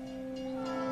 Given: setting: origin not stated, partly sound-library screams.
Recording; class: one-second piece from a danger detection set; normal situation